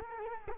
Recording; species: mosquito wingbeat signal from an infrared sensor; Culex quinquefasciatus